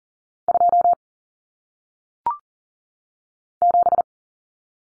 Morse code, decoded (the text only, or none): 2 7